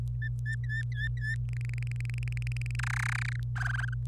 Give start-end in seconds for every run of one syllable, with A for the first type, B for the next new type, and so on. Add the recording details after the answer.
0.21-1.35 A, 1.49-2.75 B, 2.79-3.36 C, 3.56-3.94 D. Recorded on 26 April 2018 at 12:16. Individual llb3